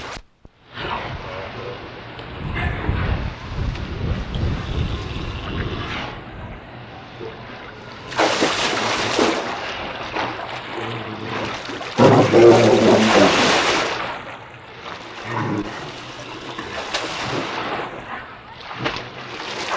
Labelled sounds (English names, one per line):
Brown Bear